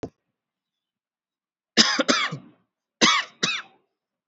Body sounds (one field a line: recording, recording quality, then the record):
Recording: shallow voluntary cough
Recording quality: excellent, no background noise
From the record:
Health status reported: exposed to COVID-19, no respiratory illness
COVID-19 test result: negative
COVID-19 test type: RT-PCR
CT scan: taken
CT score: 1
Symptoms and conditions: none ticked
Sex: male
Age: 30 years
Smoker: no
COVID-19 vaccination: one dose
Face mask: worn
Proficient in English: yes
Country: India